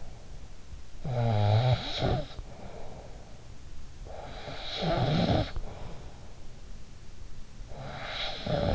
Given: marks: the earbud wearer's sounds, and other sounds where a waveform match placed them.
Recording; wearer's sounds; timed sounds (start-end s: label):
sounds in sleep by an in-ear microphone; snoring breath
0.00-8.75 s: snoring breath